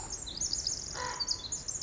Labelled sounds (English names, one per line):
Pacific Wren